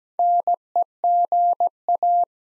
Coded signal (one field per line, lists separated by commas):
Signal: Morse code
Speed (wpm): 17 wpm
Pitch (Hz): 700 Hz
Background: none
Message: NEGA